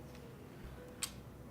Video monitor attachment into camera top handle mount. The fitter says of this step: put it in until you hear a soft click. Make sure you don't force it too hard.